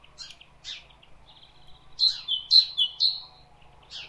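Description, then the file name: Great tit with a few soft chips followed by several loud descending two-note phrases in a quick row, then a last faint note. "Parus major"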